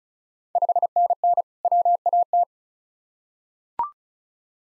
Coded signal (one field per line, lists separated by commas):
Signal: Morse code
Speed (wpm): 36 wpm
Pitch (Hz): 700 Hz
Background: none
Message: 5NN WAT